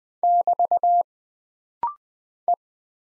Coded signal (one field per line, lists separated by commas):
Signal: Morse code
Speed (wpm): 20 wpm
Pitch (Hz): 700 Hz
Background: none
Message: <BT> E